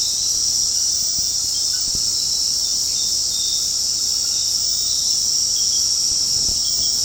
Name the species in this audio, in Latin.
none